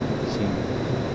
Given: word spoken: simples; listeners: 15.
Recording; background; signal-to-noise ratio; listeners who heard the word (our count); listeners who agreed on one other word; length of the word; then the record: one Spanish word in noise, from a listening test; speech-shaped noise; -7.0 dB; 0 of 15; 8 of 15; 0.75 s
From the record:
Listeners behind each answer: 8, 4, 2, 1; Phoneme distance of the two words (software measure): 7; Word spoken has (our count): 2 syllables, 7 phonemes, stress on syllable 1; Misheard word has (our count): 2 syllables, 6 phonemes, stress on syllable 1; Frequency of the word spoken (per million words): 23.92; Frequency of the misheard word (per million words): 89.67